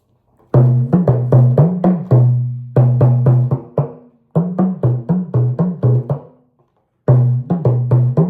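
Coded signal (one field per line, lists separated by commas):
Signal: talking drum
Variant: Yoruba dùndún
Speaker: So, I added additional words into it. I added that "Ewo baluwe." Look at baluwe. Look at shower that is claiming to be a river. I took that is claiming to be like a river. "Oju alani o she we shall see."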